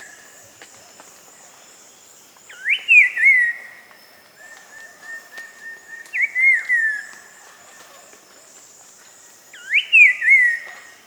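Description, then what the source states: Slate-colored grosbeak song: three short, rich whistled phrases that rise then slide down, spaced about three and a half seconds apart. Recorded in South America.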